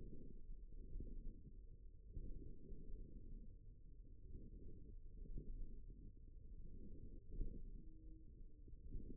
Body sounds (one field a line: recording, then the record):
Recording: forearm muscle sounds (acoustic myography)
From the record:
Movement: forearm pronation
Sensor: system 1, eight BSWA MPA416 microphones around the upper forearm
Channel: 3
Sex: male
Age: 54 years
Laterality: right